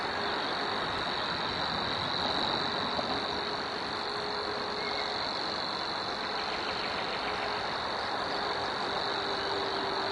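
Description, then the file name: Savi's warbler delivers an unbroken, monotonous high trill for the whole stretch, partly masked by a constant rumbling, rushing noise. "Locustella luscinioides"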